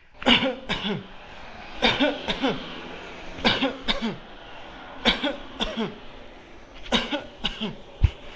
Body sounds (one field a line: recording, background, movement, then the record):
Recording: voluntary coughing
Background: traffic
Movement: walking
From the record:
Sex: male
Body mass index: 20.6 kg/m2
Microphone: on the chest, facing the body